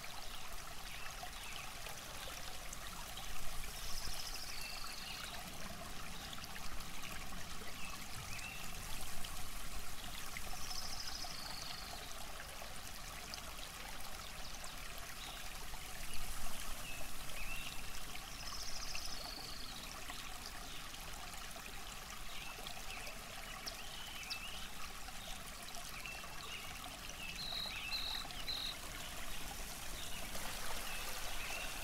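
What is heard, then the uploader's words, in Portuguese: A river flows gently through a quiet valley, its steady trickle and babble filling the scene. Birds call now and then over the water, with brief song phrases around 4, 10, 18 and 28 seconds, a few quick chirps near the end. Som ambiente de um dia ensolarado e tranquilo no vale, onde o rio flui tranquilamente, a brisa sopra suavemente e os pássaros trazem sua envolvente cantoria.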